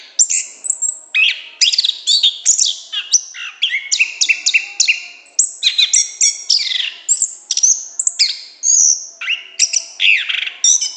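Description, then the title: Orange-headed thrush pouring out a loud, varied song of sliding whistles, trills and sharp chirps in rapid succession. Continuous, loud, open song, called gacor ngeplong in Indonesian bird-keeping terms. "Anis Kembang Gacor Ngeplong Istimewa Suara Burung"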